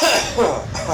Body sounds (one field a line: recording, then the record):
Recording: coughing mixed with background sound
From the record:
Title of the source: Spring Cold Coughing 2